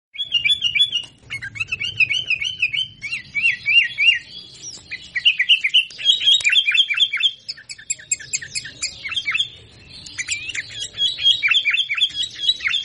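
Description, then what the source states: Sooty-headed bulbul song, a busy stream of bright chirps and warbled notes around mid-high pitch, with short trills and little pauses, steady and lively throughout. Singing actively, described with the Indonesian term gacor.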